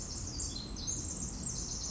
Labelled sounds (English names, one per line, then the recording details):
Pacific Wren
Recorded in Sonoma County, California